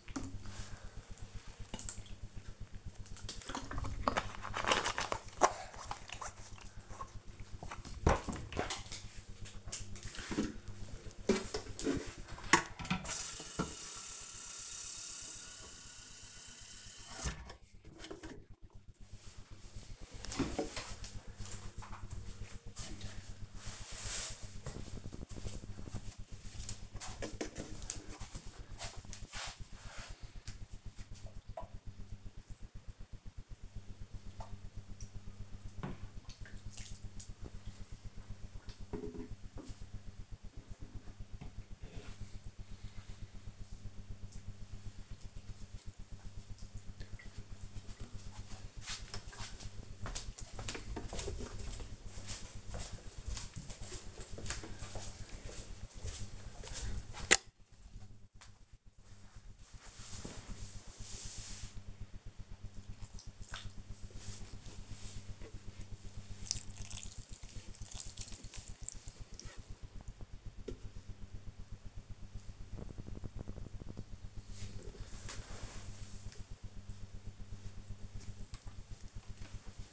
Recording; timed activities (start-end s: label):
household activities, microphone on the right wrist
0.00-4.55 s: drinking
11.62-75.02 s: watering plant